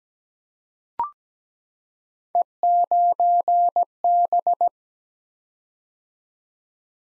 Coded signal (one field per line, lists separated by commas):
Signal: Morse code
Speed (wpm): 17 wpm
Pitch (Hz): 700 Hz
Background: none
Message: E9B